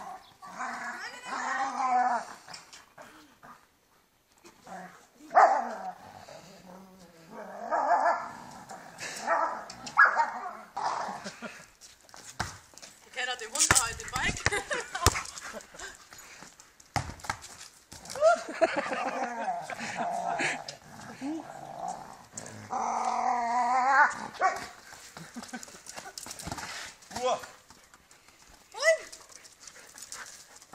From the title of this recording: Dog is playing soccer with the kids on the street